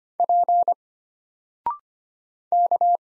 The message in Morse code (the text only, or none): P K